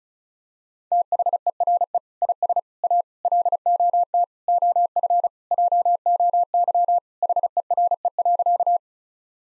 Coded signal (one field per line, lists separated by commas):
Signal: Morse code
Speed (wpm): 36 wpm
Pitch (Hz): 700 Hz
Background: none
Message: THERE IS A LOT OF JOY HERE.